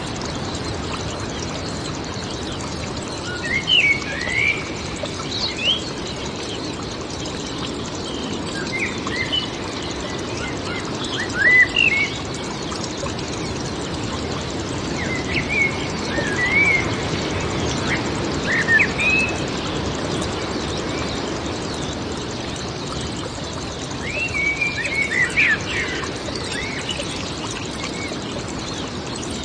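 Wind moves steadily through the woods, a soft, dense rushing rumble that fills the whole recording. Birds call over it in scattered bursts, brief bright chirps and whistles around four, twelve, sixteen to nineteen and twenty-five seconds.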